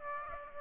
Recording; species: mosquito wingbeat signal from an infrared sensor; Aedes aegypti